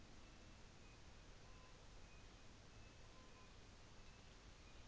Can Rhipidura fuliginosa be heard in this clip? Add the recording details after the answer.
no. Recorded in New Zealand on 24 December 2018. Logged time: 15:00